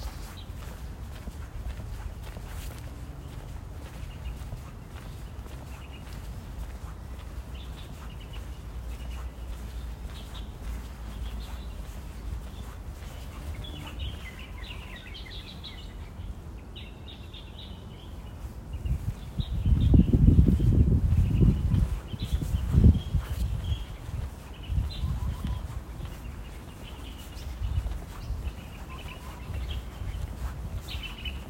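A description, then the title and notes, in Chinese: Wind rumbles low and steady while birds chirp in scattered bursts, and a louder gust or rustling swells around twenty seconds. 竹圍捷運站旁自行車道。星期日的正午時分， 風兒與鳥兒都有些喧囂。跨過捷運站獨自一人走向碼頭，正巧遇上退潮。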